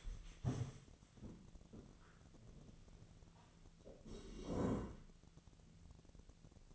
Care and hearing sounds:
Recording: daily activity, microphone in the room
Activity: stand up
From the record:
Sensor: 4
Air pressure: 1001.3 hPa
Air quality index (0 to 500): 182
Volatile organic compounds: 2 ppm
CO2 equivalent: 1309 ppm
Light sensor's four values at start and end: 15/36/15/15 and 15/35/15/15

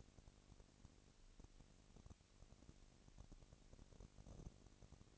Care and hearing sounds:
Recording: daily activity, microphone in the room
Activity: no activity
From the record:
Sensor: 4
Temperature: 22.3 degrees Celsius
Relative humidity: 31.9%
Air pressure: 997.8 hPa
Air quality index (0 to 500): 203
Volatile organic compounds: 17 ppm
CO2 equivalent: 2568 ppm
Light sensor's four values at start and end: 2/3/1/1 and 2/3/1/1

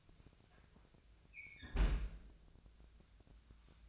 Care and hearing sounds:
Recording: daily activity, microphone in the room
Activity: close fridge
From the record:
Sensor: 2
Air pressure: 1009.6 hPa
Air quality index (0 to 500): 184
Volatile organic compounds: 11 ppm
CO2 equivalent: 2289 ppm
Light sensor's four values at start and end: 27/65/28/31 and 27/65/28/31

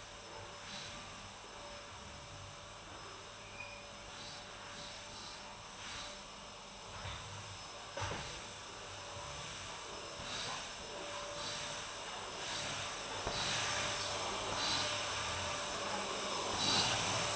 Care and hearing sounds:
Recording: daily activity, microphone in the room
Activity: vacuum cleaning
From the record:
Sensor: 2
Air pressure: 1011.7 hPa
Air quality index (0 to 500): 220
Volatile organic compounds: 4 ppm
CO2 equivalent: 1549 ppm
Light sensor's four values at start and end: 7/17/7/7 and 7/16/7/7

